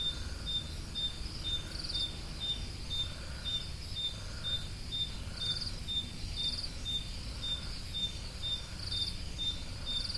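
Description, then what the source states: Crickets chirp in a steady high rhythm of about two per second, with a softer pulsing sound throbbing above and below, over low rumble. Recorded at Roodekopjes.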